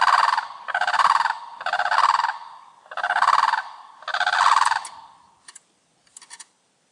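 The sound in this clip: Bird giving rapid rattling, gobbling bursts, five in a row about a second apart, followed by a few short clicks and silence.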